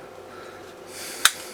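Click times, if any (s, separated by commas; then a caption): 1.2 s. A clip-on battery pack with outside charging terminals slides onto the back of a Retevis RT21V MURS handheld two-way radio and is pushed home. A soft sliding hiss builds before one sharp, loud click at 1.3 s. The battery pack is seated in place on the radio body.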